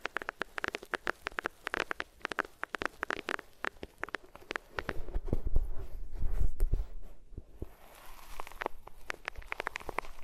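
Ears rubbed against different materials, heard as a rapid, uneven run of sharp crackles and scratchy clicks for the first four seconds. Around the middle it turns into a louder, low, muffled rumbling rub with fewer clicks, then the bright crackling returns near the end.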